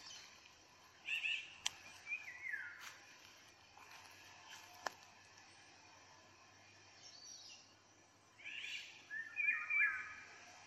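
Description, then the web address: Eurasian jay song: a few downslurred notes early, a pause, then a louder cluster of notes at the end. "geai chant"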